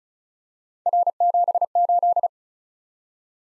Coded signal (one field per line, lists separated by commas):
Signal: Morse code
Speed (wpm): 35 wpm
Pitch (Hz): 700 Hz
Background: none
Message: R78